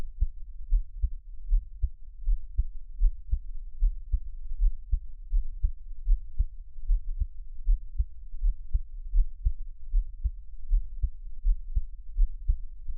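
Close-miked ASMR heartbeat of an adult, heard as low thumps with frequent skipped beats giving an irregular rhythm.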